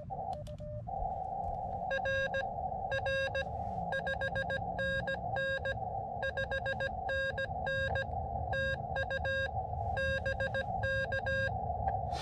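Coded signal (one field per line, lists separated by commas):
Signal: Morse code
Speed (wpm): 17 wpm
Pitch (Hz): 1600 Hz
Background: none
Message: R R 5NN 5NN TU BK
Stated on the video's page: Summits On The Air activation on Monserate Mountain near San Diego, working chasers.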